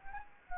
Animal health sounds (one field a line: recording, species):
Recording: mosquito wingbeat signal from an infrared sensor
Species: Anopheles gambiae